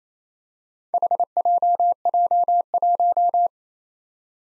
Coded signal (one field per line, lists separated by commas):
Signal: Morse code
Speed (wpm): 27 wpm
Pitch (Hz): 700 Hz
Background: none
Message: HJJ1